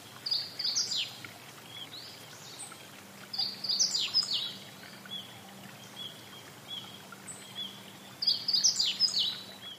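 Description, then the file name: Meadow bunting song: three bursts of quick, high, twittering notes with slurred chips, separated by pauses, over a steady low hum. "hojiro"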